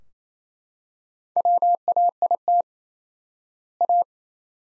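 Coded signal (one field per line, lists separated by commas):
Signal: Morse code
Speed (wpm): 28 wpm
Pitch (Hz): 700 Hz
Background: none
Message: WAIT A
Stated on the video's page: Morse practice sentences at 28 wpm with 4x standard word spacing, a word-level analogue of Farnsworth spacing.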